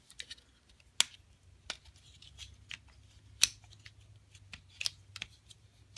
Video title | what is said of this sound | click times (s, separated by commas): Review Unique Toys Ordin: O-02 Alberich (Rippersnapper) | then you can close this panel up it should click in place same thing other side | 1.0 s